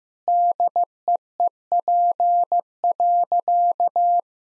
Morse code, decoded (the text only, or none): DEEP.